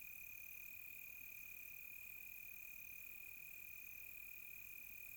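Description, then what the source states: High cricket trill rings constantly, while a higher note switches on and off. Crickets recorded close by on a quiet tropical night.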